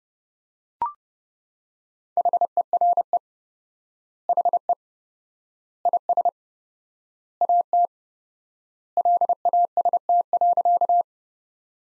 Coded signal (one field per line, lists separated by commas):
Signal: Morse code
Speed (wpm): 30 wpm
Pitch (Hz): 700 Hz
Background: none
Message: HERE HE IS AT LAST.